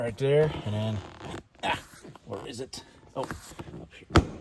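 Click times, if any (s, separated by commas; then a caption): 4.2 s. Someone talks while pressing the rear seat bottom of a first-generation (2011–2015) Chevy Volt down so its hook meets the floor retainer clip, one of three clips it has to catch. A single loud, sharp click sounds at 4.2 s as the hook snaps home and the seat bottom is seated.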